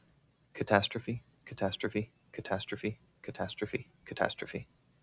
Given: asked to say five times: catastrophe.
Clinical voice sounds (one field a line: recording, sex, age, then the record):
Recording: repeated word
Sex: male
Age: 30 to 39 years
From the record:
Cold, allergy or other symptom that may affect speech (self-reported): no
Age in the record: 32 years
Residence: United States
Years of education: 18